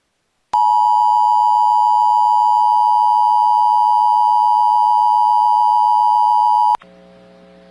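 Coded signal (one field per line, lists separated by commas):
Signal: Emergency Alert System (SAME) tones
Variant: 853 and 960 Hz attention tone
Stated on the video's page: AMBER Alert child abduction emergency relayed statewide over NOAA Weather Radio.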